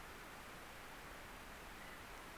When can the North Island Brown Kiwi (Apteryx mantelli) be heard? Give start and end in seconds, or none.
none